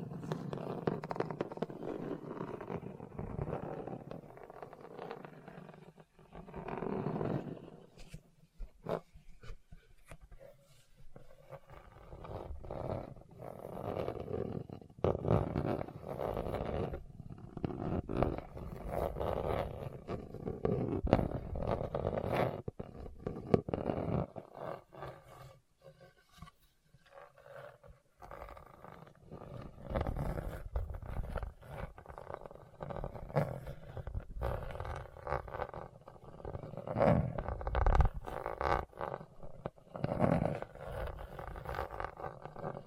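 Hard, bumpy surface scratching goes on almost without a break, a dense run of rough grinding strokes with rapid clicks and ticks. It is mostly low and gritty, with brief lulls near 6, 11 and 26 seconds before louder passages resume.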